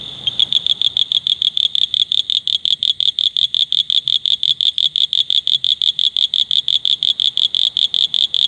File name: Duttaphrynus scaber